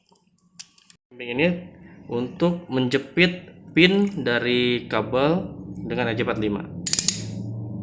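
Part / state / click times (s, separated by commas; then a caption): RJ45 plug in a crimping tool / seated / 6.9 s. A crimping tool squeezes an RJ45 plug onto a UTP cable, pressing the plug's metal pins into the wires. Someone talks, then the tool gives a sharp click at 6.9 s, followed by a few quick clicks. The crimp is complete and the plug is seated.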